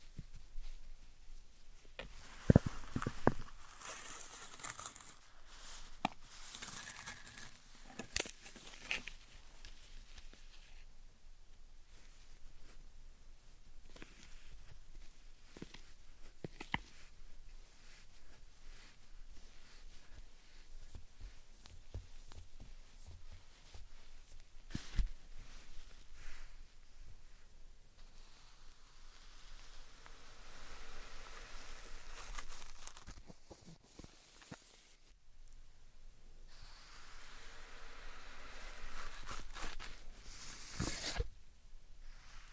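Slime and sand triggers make irregular wet squishes and crackly rustles, with bursts of sharp clicks early on and a brief pause near 34 seconds.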